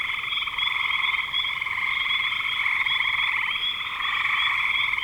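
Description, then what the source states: Frogs in continuous chorus, overlapping rapid trills forming a steady buzzing hum throughout. Recorded in spring 2025.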